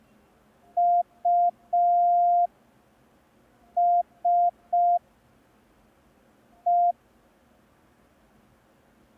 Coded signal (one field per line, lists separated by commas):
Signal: Morse code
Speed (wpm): 5 wpm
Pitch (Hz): 700 Hz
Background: none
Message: US E